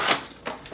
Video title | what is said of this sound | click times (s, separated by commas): Building The Dual-Boot Win 7 / Mountain Lion i7 GTX 680 Snow White Hackintosh | going to go ahead just make sure these all locked you guys can those all make a little click sound | 0.5 s, 0.7 s